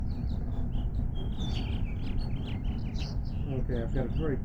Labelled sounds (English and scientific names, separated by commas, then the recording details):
House Finch (Haemorhous mexicanus) song
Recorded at Oceanside on Long Island, New York, on 17 June 1975
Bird G